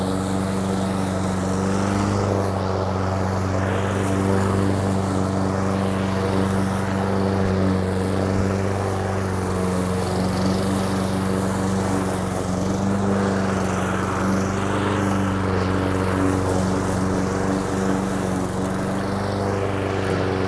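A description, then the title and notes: A lawn mower engine drones steadily, its low hum holding a constant pitch with a layered buzz above it. The level stays even for the whole stretch, with only slight wavering and a faint rough hiss riding on top. Lawn Mower ASMR.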